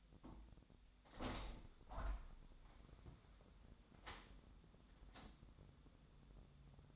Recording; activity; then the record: daily activity, microphone in the room; open window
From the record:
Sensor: 3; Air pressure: 1006.5 hPa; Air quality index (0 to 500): 203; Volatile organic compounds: 17 ppm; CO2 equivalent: 2586 ppm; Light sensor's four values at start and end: 10/24/10/9 and 10/24/10/10